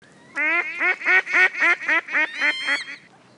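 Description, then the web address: Duck quacking: a rapid run of several nasal, fairly evenly spaced quacks over about two and a half seconds. "orbis pictus orbis dictus Ente"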